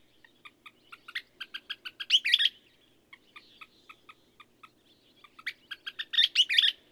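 Bird singing a phrase of evenly spaced ticking notes that ends in a bright, tumbling burst, heard twice, with a soft low hum behind.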